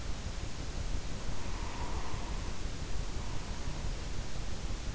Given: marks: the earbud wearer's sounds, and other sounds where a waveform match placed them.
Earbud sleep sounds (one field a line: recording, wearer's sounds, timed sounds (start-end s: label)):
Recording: sounds in sleep by an in-ear microphone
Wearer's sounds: breath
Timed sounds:
1.16-3.93 s: breath